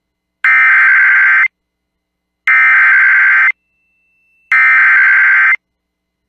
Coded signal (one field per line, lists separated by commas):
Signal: Emergency Alert System (SAME) tones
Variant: header bursts